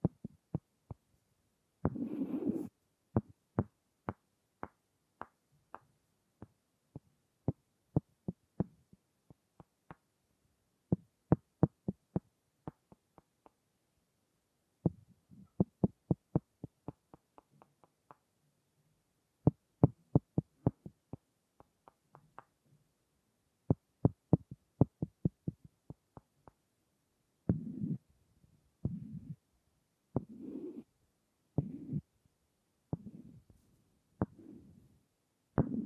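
Wooden tapping comes in quick bursts of sharp clicks with short pauses, then turns to softer, duller knocks and brief rubbing in the last ten seconds.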